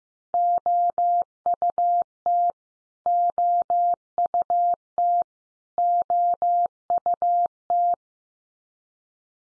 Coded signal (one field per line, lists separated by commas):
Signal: Morse code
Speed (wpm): 15 wpm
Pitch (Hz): 700 Hz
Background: none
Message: OUT OUT OUT